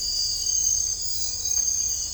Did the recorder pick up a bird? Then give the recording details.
no. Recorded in dense forest near Puerto Asís, Putumayo, Colombia, on 21 December 2024 at 04:00. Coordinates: 0.500, -76.322. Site G053